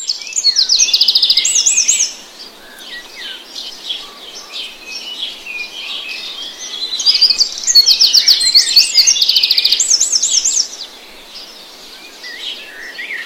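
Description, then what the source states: Birdsong with bright high chirps, rapid buzzy trills and looping whistled phrases in two loud bursts, separated by softer scattered twitters. Birdsong in the grass in the morning.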